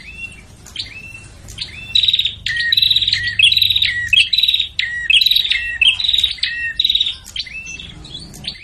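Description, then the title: Prinia calls: sharp downslurred chips that build into a lively stretch of repeated buzzy rattles, then thin out to single notes. Busy, noisy prinia calling used as a lure to attract prinias, including the red-headed prinia and visiting (tamu) prinias. "Suara Prenjak Ribut Buat Pikat Burung Prenjak Kepala Merah Prenjak Tamu"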